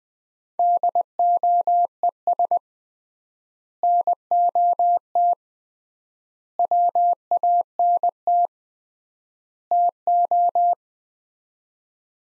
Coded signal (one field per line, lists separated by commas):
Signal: Morse code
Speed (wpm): 20 wpm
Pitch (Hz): 700 Hz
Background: none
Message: DOES NOT WANT TO